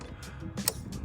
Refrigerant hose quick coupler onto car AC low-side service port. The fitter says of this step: like that, you'll hear it click on and we see that the